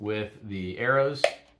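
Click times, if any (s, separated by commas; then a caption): none. Someone talks while lining up a vacuum filter assembly, fitted with a fresh filter and trim ring, with the arrows on a handheld vacuum body, with a brief sharp tap near 1.2 s as the voice trails off. The assembly is only being handled here; nothing has seated or clicked yet.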